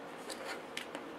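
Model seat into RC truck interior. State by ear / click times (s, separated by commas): seated / 0.8 s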